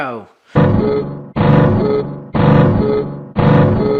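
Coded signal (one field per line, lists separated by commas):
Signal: none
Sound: music notes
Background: speech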